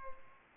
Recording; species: mosquito wingbeat signal from an infrared sensor; Culex pipiens